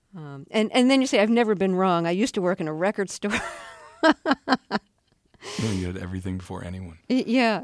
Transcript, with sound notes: And then you say: I've never been wrong. I used to work in a record store.
(LAUGHTER)
You had everything before anyone.
Yeah.